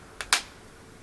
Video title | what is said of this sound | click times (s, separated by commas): Walk-Through: VonZipper Clutch Sunglass Replacement Lenses Do-It-Yourself Installation Guide | frame as we push the lens forward to unseat it oh if you do this correctly you should hear a pop like | 0.3 s